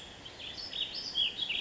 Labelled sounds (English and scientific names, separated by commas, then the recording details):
Western Tanager (Piranga ludoviciana)
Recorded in Sonoma County, California